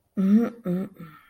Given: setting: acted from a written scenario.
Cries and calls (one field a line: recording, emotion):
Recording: vocal sound without words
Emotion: desire